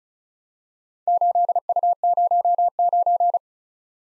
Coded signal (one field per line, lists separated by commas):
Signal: Morse code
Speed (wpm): 36 wpm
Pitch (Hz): 700 Hz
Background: none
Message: 8U09